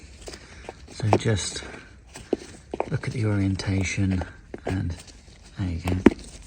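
A sensor wiring connector on a 2015 Kawasaki ZX-10R motorcycle, which fits only one way, is handled and lined up with its mating socket while someone talks, with a few faint handling taps and small clicks along the way. Nothing has seated or clicked into place yet.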